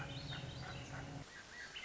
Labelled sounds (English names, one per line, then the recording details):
Swainson's Thrush
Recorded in Sonoma County, California